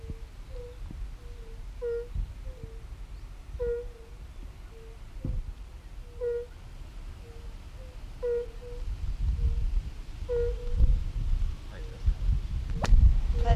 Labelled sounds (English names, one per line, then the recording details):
Fire-Bellied Toad call
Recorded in the wild
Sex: male
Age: adult
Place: Falkenberger Rieselfelder, Barnim, Berlin, DE
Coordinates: 52.5839, 13.5542
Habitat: pond
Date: 1991-06-25 17:38
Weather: Wasser: 23°C; Luft: 19,5°C
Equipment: Uher 4400 Report Stereo IC, RFT DM 2415
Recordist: Werner, Doreen and Mensch, Birgit